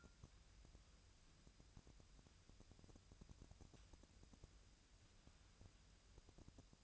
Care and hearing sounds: daily activity, microphone in the room; wipe stove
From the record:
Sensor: 2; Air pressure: 1003.2 hPa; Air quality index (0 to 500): 203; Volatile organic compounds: 6 ppm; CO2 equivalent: 1927 ppm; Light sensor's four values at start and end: 7/17/7/8 and 7/17/7/8

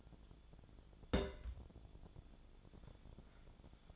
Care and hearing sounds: daily activity, microphone in the room; place on stove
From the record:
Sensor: 5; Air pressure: 1000.1 hPa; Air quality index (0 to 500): 93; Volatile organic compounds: 1 ppm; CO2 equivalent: 758 ppm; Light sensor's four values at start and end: 370/884/381/430 and 370/883/381/429

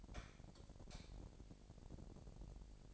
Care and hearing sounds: daily activity, microphone in the room; light off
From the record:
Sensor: 5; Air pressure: 1012.0 hPa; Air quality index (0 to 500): 249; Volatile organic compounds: 4 ppm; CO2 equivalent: 1690 ppm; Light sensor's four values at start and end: 40/96/40/42 and 39/91/38/40

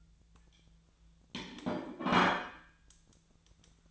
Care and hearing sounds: daily activity, microphone in the room; place plate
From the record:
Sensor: 3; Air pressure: 1009.4 hPa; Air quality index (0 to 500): 197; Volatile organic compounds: 16 ppm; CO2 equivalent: 2562 ppm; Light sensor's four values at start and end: 32/80/34/37 and 33/82/35/37

